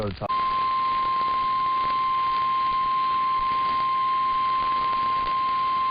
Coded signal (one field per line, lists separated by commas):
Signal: Emergency Alert System (SAME) tones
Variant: 1050 Hz attention tone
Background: speech